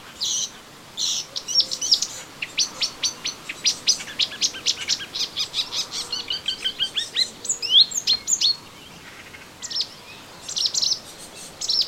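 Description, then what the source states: Melodious warbler singing a hurried, chattering stream of short, high notes and twitters, briefly pausing, then resuming the rapid jumble toward the end. Recorded in a garden on 25 June 2017.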